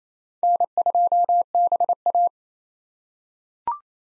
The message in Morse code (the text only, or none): N2BA